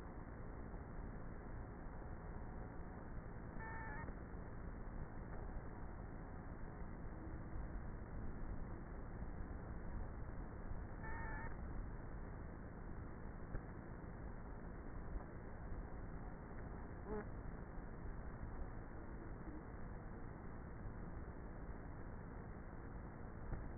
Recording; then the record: honeybee colony, microphone inside the hive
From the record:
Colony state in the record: queenless with a low population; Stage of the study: before two queens were removed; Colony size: about 30,000 bees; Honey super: no